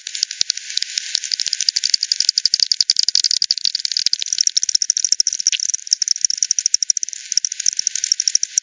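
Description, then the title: Bats ticking in rapid, uneven click sequences, with dense rattling bursts interspersed with short gaps. Multiple bats at the Hogsmill River, Hogsmill Lane, 7 October 2020 at 18:10; recorded with frequency division (FD10), band-pass filtered and resampled. "WW bat 20201007 T 18 : 10 Z-Hogsmill-Lane-Hogsmill-River-multiple-bats"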